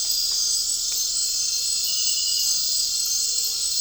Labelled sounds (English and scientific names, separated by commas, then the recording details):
none
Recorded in dense forest near Puerto Asís, Putumayo, Colombia, on 4 March 2025 at 22:00
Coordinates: 0.467, -76.328
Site G041